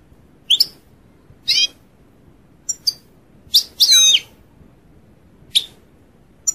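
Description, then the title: European goldfinch giving short, high, twittering call notes at irregular intervals, with one longer, slurred, buzzy note near the middle. "Chant Chardonneret"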